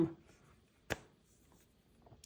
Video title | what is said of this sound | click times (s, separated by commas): Pixel 9 Pro XL Hazel Unboxing/First Impressions Better than that iPhone 16 pro max?! | Not much of a snap there, but it's not going anywhere. | 0.9 s